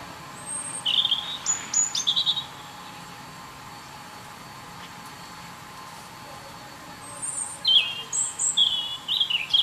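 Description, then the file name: European robin song, two short high thin warbled phrases with trills, separated by a long quiet pause; faint steady background hiss. "Erithacus rubecula"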